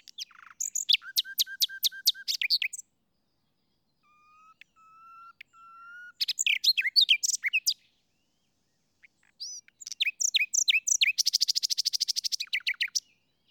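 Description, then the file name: Common nightingale song: varied phrases of sharp repeated notes, a soft low whistled passage, then a fast rattling trill, separated by pauses. "Luscinia megarhynchos"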